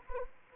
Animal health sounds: mosquito wingbeat signal from an infrared sensor; Anopheles arabiensis

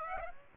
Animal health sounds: mosquito wingbeat signal from an infrared sensor; Aedes aegypti

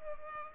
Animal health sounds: mosquito wingbeat signal from an infrared sensor; Culex pipiens

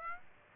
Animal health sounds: mosquito wingbeat signal from an infrared sensor; Aedes aegypti

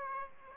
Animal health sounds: mosquito wingbeat signal from an infrared sensor; Aedes aegypti

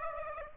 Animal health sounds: mosquito wingbeat signal from an infrared sensor; Aedes aegypti

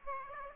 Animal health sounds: mosquito wingbeat signal from an infrared sensor; Aedes aegypti

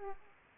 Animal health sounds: mosquito wingbeat signal from an infrared sensor; Aedes aegypti

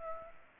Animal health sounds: mosquito wingbeat signal from an infrared sensor; Aedes aegypti

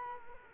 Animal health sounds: mosquito wingbeat signal from an infrared sensor; Culex quinquefasciatus

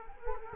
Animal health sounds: mosquito wingbeat signal from an infrared sensor; Culex quinquefasciatus

